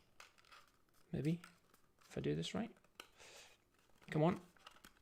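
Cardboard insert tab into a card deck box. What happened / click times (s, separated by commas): Cardboard insert handled, not yet seated / none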